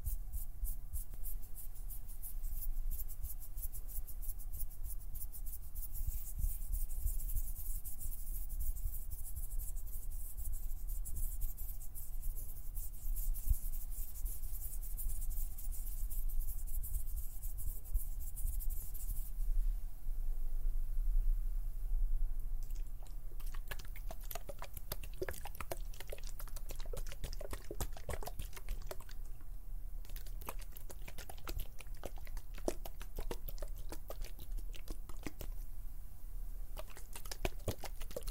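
Plucking, pinching and finger fluttering against a surface, with a low steady rumble underneath throughout. The first twenty seconds carry a dense, bright hiss of small rubbing sounds; after that the texture turns into quicker, sharper clicks and flutters, busiest from about 23 to 35 seconds.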